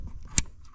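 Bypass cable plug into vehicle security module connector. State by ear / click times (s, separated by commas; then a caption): seated / 0.4 s. The other end of a smart access bypass cable for a 2018+ Charger/Challenger is pushed into the car's security module connector spot. A single sharp, loud click sounds at 0.4 s over a faint low background. The wiring harness connector is seated.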